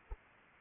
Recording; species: mosquito wingbeat signal from an infrared sensor; Anopheles arabiensis